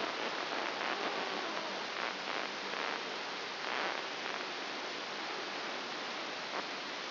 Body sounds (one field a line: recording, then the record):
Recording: brain microelectrode recording played as sound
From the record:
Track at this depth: outside the subthalamic nucleus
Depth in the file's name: 6.301 mm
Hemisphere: left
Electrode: 2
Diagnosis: Parkinson's disease